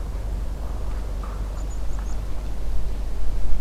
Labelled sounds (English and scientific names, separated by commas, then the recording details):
Meadow Pipit (Anthus pratensis)
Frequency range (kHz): Meadow Pipit (Anthus pratensis) 4.3-7.9 kHz
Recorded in France